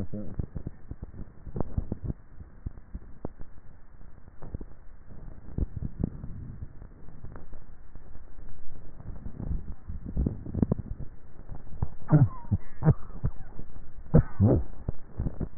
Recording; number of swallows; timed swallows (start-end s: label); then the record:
swallowing sounds by neck microphone; 2
4.08-5.22 s: swallow
7.02-7.92 s: swallow
From the record:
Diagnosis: dysphagia